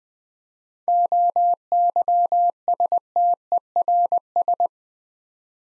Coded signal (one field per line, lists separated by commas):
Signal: Morse code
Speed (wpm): 20 wpm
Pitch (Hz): 700 Hz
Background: none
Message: OYSTERS